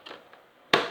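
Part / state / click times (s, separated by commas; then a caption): bag holder in vacuum cleaner dust compartment / seated / 0.7 s. A Miele vacuum cleaner's bag holder is pushed back into the dust compartment, with a couple of faint soft clicks first. A sharp, loud snap at 0.7 s follows, then a brief ringing decay as the holder seats firmly in place.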